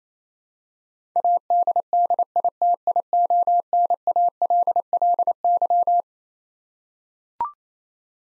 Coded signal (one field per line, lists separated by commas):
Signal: Morse code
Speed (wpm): 28 wpm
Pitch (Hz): 700 Hz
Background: none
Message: ADDITIONALLY